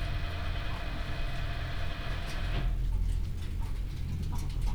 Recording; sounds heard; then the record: poultry house recording; healthy chickens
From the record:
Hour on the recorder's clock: 15